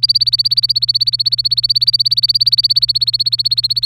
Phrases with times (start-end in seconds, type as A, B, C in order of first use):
0.00-3.85 A